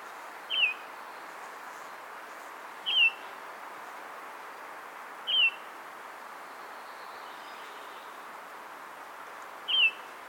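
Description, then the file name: Eurasian bullfinch calls: short descending whistles given singly, four times at irregular intervals, over a steady background hiss. "Pyrrhula pyrrhula"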